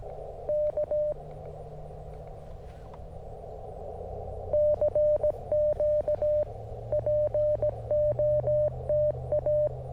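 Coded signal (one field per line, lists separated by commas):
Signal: Morse code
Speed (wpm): 17 wpm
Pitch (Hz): 600 Hz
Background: none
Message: K CQ POTA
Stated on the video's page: QRP CW parks on the air activation on 20m and 40m, using a QMX transceiver, SP-4 paddles, and a Hamstick on a mag mount.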